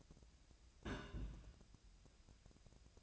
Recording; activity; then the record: daily activity, microphone in the room; place on stove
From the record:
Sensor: 2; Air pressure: 999.9 hPa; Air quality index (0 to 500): 123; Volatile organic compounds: 2 ppm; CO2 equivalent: 1057 ppm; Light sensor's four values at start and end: 36/89/39/44 and 36/89/39/44